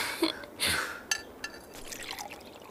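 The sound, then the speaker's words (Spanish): Water splashes briefly into a glass with a quick gurgling rush, followed by a few sharp clinks and soft drips, all fairly quiet, as water brought by the characters Débora and Jaque is served to drink. “¿Quieres agua? Yo sí quiero, Jaque.”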